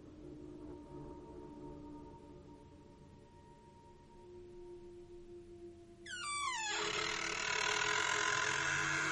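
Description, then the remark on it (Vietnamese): A door slowly creaks open: long, low, droning groans give way to a sharp squeal sliding downward in pitch, followed by a louder, steady rushing hiss. No one speaks. “Trong sự im lặng chết chóc, Hàn Phi nghe rõ tiếng cửa dần dần bị đẩy ra.”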